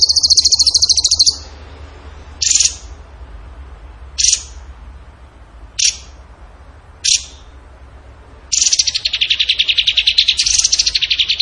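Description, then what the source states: Bird song opening with a fast trill, then single sharp high chips roughly every one and a half seconds, before a long rapid trill resumes. Song in the tembakan gacor style, used as masteran training for songbirds.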